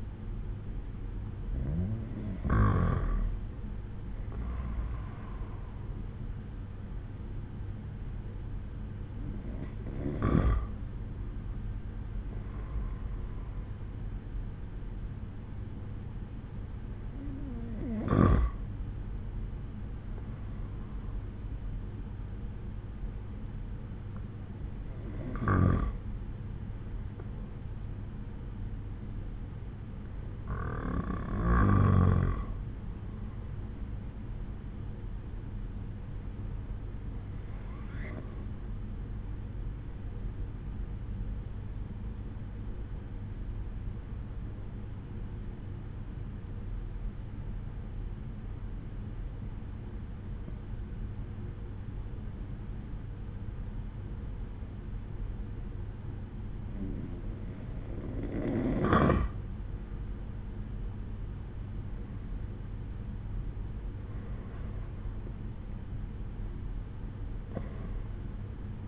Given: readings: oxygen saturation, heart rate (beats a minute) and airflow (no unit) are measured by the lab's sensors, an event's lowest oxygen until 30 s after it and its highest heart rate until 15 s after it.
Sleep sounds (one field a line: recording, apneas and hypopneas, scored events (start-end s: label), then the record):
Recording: breathing in sleep by a smartphone at the bedside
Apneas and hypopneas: 1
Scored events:
23.00-59.90 s: hypopnea (N2, oxygen 95% highest, then 91% lowest)
57.00-68.88 s: new sleep stage, N1 (lightest sleep)
From the record:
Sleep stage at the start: N2 (light sleep)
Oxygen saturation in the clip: 91 to 95%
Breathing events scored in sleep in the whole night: 187 in 7.2 hours asleep